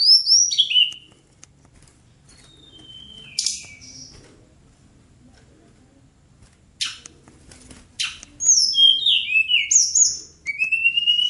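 Bird song: sharp downslurred whistles open, then quiet gaps with a few notes, then harsh rasping bursts and a rapid run of high slurred whistles to finish.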